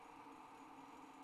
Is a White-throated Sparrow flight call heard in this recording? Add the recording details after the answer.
no. No flight call is heard. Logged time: 21:52 on 29 November 2014